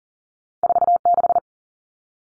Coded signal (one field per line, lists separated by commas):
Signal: Morse code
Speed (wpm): 40 wpm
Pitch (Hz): 700 Hz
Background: none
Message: 46